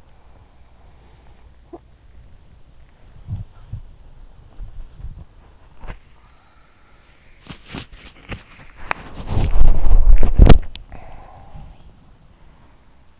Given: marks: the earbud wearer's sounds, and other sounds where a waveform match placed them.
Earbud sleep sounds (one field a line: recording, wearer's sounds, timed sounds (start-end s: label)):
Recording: sounds in sleep by an in-ear microphone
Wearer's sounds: body movement, breath, talking in sleep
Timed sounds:
0.00-5.91 s: body movement
0.72-1.61 s: breath
1.61-1.88 s: talking in sleep
6.08-7.85 s: breath
6.08-11.02 s: body movement
10.84-13.20 s: breath